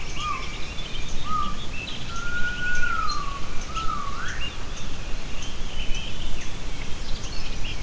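Gibbon giving whistled notes that hold steady, waver slightly, then sweep sharply upward, heard over heavy, continuous noise.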